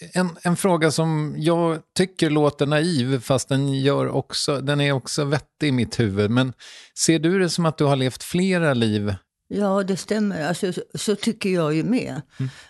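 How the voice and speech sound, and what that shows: An adult asks a question in fluent Swedish at a relaxed conversational pace, with mid-pitched, smooth voicing and natural short pauses. A brief agreeing reply follows. Articulation and voice quality are ordinary, with no sign of a speech disorder.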